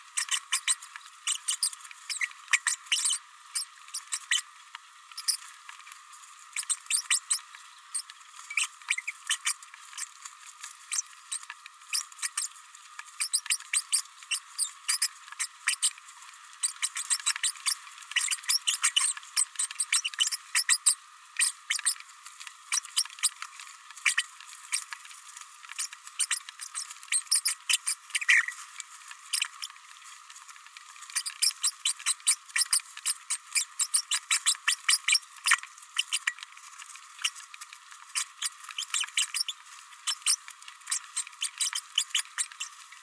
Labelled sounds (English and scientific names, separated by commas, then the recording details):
Green-rumped Parrotlet (Forpus passerinus) babbling
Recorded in a nest box in Venezuela
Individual 18B104A3